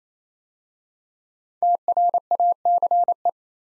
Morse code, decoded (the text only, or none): TRACE